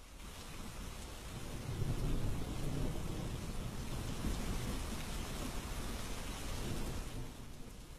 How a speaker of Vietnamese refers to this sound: Trời vẫn đổ mưa tầm tã